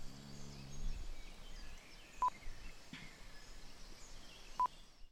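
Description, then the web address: Cattle mooing: a low, harmonic moo fills the first second, then steady outdoor noise with two short electronic beeps. Cows in a valley. "johnnylance. Cows In Valley"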